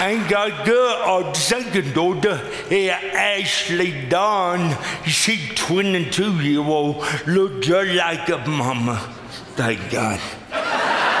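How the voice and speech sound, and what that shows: Slow, effortful adult man's speech with drawn-out vowels, slurred consonants and swooping pitch: dysarthria from cerebral palsy present since birth.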